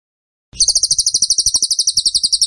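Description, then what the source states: Bird starting abruptly into a rapid, piercing trill of evenly repeated high notes that continues unbroken to the end. Masteran (song-training) recording of a bird described as gacor (singing vigorously) with tembakan (rapid bursts) style.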